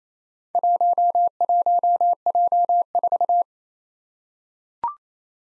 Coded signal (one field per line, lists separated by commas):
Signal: Morse code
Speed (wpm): 29 wpm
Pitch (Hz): 700 Hz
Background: none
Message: 11J4